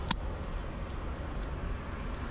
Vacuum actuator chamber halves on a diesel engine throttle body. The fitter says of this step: after the lever is in place we'll close the two parts of the chamber together until we hear a click